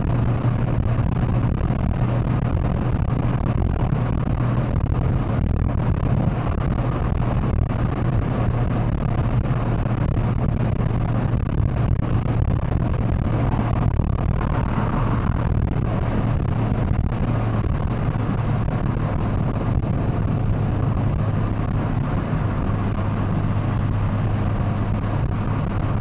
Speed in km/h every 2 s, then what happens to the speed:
139, 138, 138, 136, 134, 133, 131, 129, 126, 122, 118, 115, 118.
0-21 slows to 115.